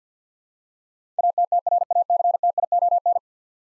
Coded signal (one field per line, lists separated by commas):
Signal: Morse code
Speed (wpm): 50 wpm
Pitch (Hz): 700 Hz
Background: none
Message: ATTRACTION